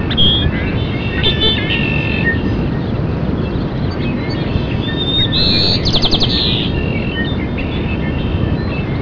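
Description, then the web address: Bird calls, several short whistled and chirping notes at varied pitches, with a brighter burst of chirps near six seconds, over a steady low rumbling background noise. "gretaj. birds"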